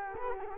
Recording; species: mosquito wingbeat signal from an infrared sensor; Culex quinquefasciatus